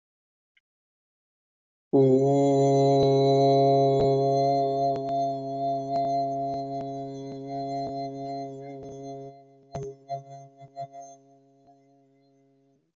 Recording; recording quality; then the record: sustained vowel as in boot; excellent, no background noise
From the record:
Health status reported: healthy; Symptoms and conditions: none ticked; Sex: male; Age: 49 years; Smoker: not ticked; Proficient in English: yes